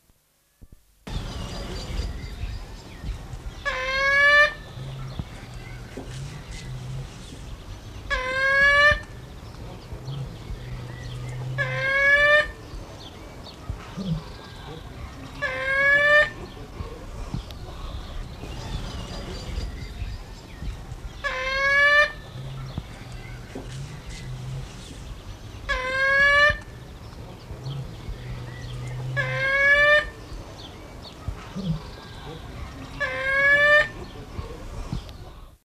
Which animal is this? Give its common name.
Hooded Mountain Toucan